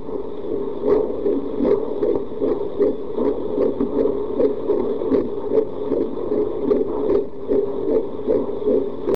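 Fetal heartbeat heard through a Doppler as a rapid, regular whooshing pulse at about 150 beats per minute.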